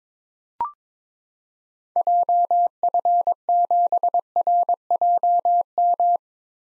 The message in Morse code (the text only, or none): JF7RJM